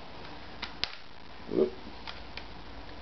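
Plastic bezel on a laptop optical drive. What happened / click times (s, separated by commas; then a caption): The plastic bezel snapped off its clips / 0.8 s. The plastic bezel of an optical drive removed from a Dell XPS L502x/L501x laptop is pried backwards and pops off with a sharp snap at 0.8 s, with fainter clicks around it. Someone talks briefly after. The bezel comes free, and nothing appears to be broken.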